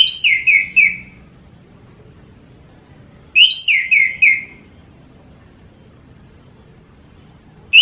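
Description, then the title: Orange-headed thrush giving quick runs of several downslurred whistled notes, phrases separated by pauses of a few seconds. Thrush singing vigorously and continuously, described as 'gacor teler'. "Suara Burung Anis Merah Gacor Teler"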